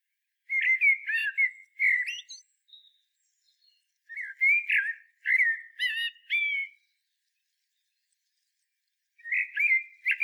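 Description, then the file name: Common blackbird song, warbled melodic phrases with thin squeaky flourishes, separated by silences. "Turdus merula"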